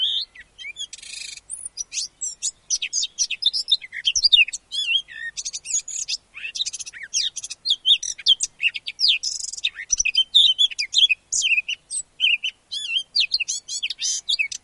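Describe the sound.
Eurasian blackcap singing a continuous hurried warble, mixing scratchy rattles, sharp chips and brief whistled phrases in quick succession throughout.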